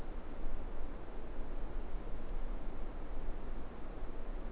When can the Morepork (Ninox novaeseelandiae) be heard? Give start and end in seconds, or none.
none